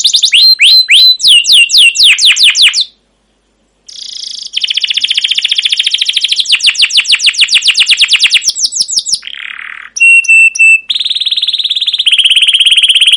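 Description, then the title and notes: Canary song: fast chirping bursts, a brief silence, then extended rolling trills, a buzzy note and repeated clear whistles. Long, lively canary song with 'cuit cuit' chirps and rolls ('ngerol'), used as a lure (pancingan) and tutor recording (masteran) for young canaries learning to sing. "CUIT CUIT NGEROL LANGSUNG GACOR PANJANG Kenari Ini AMPUH Utk Pancingan KENAR. PANCINGAN Kenari GACOR PANJANG Cuit CUIT EMOSI ini AMPUH utk MASTERAN Kenari PAUD belajar BUNYI. burung kenari"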